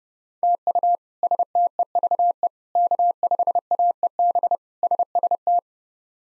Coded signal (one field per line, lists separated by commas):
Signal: Morse code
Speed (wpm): 30 wpm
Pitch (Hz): 700 Hz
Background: none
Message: TU STEVE K5AEB SST